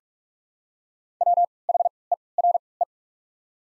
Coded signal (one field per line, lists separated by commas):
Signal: Morse code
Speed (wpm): 43 wpm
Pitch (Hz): 700 Hz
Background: none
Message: W H E R E